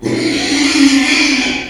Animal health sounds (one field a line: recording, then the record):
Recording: squeal of a Yucatan mini pig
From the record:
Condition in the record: after surgery on the right vocal fold (resection and tissue-engineered implant)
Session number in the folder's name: 2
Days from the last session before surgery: 13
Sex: male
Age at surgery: 12 weeks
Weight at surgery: 13 kg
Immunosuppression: cyclosporine, prednisolone